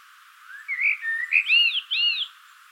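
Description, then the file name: Common blackbird song phrase: a rich, fluty warble of arched, slurred whistles rising and falling, lasting about a second and a half. "Turdus merula"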